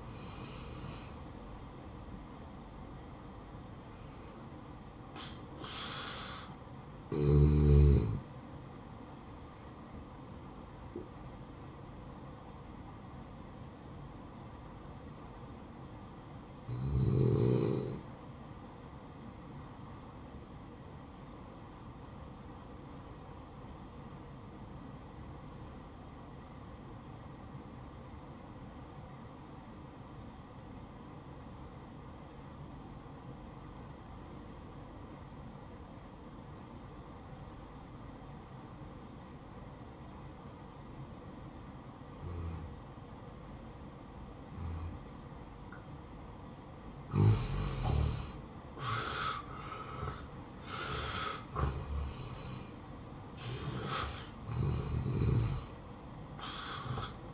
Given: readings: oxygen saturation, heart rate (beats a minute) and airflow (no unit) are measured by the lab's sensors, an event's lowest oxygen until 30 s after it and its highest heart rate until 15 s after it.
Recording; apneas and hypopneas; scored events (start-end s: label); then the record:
breathing in sleep by a smartphone at the bedside; 1
22.00-49.20 s: obstructive apnea (N1, oxygen 95% highest, then 84% lowest, heart rate 62 at the start, 73 highest)
27.00-57.34 s: new sleep stage, N2 (light sleep)
From the record:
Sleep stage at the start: N1 (lightest sleep); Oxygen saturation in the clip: 82 to 95%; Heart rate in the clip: 58 to 77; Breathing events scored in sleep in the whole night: 573 in 9.8 hours asleep